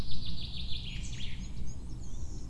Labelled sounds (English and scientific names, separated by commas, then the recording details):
Common Chaffinch (Fringilla coelebs)
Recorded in Germany
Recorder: ecoPi